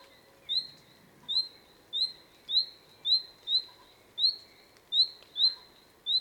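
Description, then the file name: Common nightingale repeating a thin, rising whistle at irregular intervals, clear over a quiet background. "Luscinia megarhynchos"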